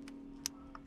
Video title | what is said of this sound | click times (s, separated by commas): Raptor Steering Wheel Install on F250 with BoostedGreyGoose Harness for 2017+ Super Duty | into the tab here and hopefully we'll hear a little click | 0.5 s